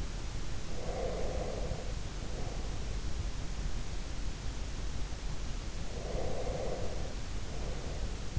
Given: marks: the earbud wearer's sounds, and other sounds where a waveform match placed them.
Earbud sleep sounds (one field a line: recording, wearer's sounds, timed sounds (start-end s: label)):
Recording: sounds in sleep by an in-ear microphone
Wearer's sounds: breath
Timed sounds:
0.65-3.19 s: breath
5.98-8.38 s: breath